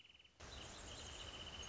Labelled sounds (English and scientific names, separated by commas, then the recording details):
Wrentit (Chamaea fasciata)
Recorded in Sonoma County, California